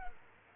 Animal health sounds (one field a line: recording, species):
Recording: mosquito wingbeat signal from an infrared sensor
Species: Culex quinquefasciatus